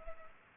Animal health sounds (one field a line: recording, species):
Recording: mosquito wingbeat signal from an infrared sensor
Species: Culex pipiens